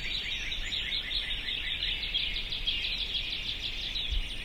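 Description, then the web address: Birds chorus steadily: a thick layer of high, overlapping chirps and short trills with no pause, plus a soft low rumble. "sounds djk sounds birds 0645 040905"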